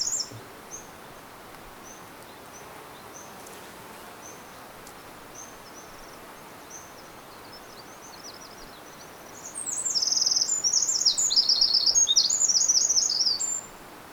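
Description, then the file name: Eurasian wren song, a fast high-pitched trilling and warbling burst of about four seconds near the end, after faint high chips earlier over steady background hiss. "Troglodytes troglodytes"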